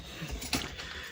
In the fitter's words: and lock it in.